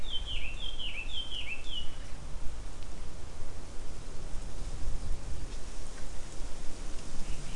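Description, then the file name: Bird calls: four quick, clear whistled notes, each sliding downward, given in the first two seconds, then only low rumbling background noise. "mainly bird"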